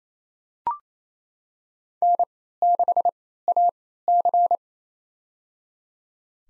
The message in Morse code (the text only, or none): N6AC